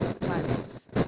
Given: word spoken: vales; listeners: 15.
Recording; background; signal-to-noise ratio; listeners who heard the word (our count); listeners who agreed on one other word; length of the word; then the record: one Spanish word in noise, from a listening test; noise modulated by one talker; -7.2 dB; 0 of 15; 8 of 15; 0.68 s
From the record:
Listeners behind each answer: 8, 2, 2, 1, 1, 1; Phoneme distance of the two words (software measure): 20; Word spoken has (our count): 2 syllables, 5 phonemes, stress on syllable 1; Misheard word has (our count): 2 syllables, 5 phonemes, stress on syllable 1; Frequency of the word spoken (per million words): 2.56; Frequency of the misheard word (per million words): 11.99